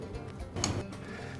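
With the lift cables taut and the spring compressed about an inch and a half, the final cable clip on a MiTee attic cargo lift is raised up the cable onto the automatic shut-off safety switch over background music. It clicks into place at 0.6 s, seating the clip so the lift will stop at that spot every time.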